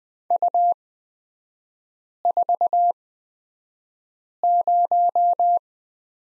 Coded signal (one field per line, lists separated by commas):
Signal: Morse code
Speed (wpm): 20 wpm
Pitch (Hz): 700 Hz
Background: none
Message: U40